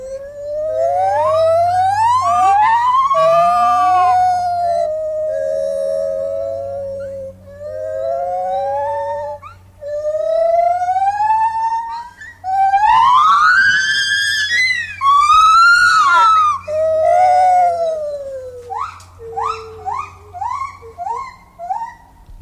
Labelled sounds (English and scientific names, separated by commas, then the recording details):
Lar Gibbon (Hylobates lar) song
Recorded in captivity
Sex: diverse
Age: diverse
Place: Zoo Osnabrück, Niedersachsen, DE
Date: 1991-09-09 10:04
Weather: overcast, 13°C
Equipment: Marantz CP 430, Kopie Tesla B 116
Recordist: Tembrock, Günter
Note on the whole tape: Männchen und Weibchen (dunkel) und erwachsene Tochter (beide Weibchen rufen synchron (Gesang), Tochter (hell) geht dann immer in die Nähe der Mutter. Längere Stücke. Verwandtschaftsverhältnis von Bergmann bestätigt